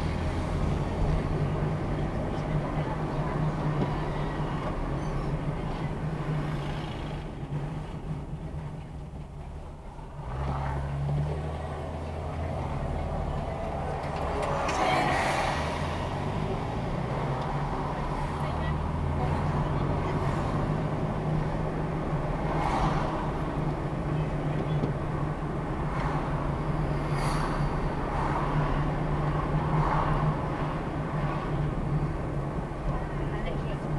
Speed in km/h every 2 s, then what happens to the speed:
31, 27, 21, 8, 2, 6, 10, 19, 23, 31, 31, 29, 29, 31, 29, 27, 26.
0-8 brakes to 2. 8-18 pulls away to 31. 18-31 steady at about 29.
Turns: none.